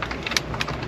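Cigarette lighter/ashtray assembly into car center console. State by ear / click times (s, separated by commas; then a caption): not seated / none. A replacement cigarette lighter/ashtray assembly for a Lexus SC430 is handled and pushed into the car's center console, front edge first, so its plastic clips can seat. Light scraping and tapping ticks are heard, with sharper taps near 0.4 and 0.6 seconds and a loud sharp hit right at the end around 1.0 second. Nothing has seated or clicked into place yet.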